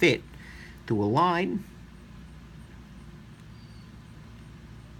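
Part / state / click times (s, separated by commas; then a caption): pivot with washers going into a folding knife's handle / not seated / none. A Benchmade 555-1 folding knife's axis lock bars are held back so the blade can settle and the pivot and washers line up in the handle. Someone talks briefly near the start and again around 0.9–1.6 s over a low steady background. The pivot has not seated or clicked yet.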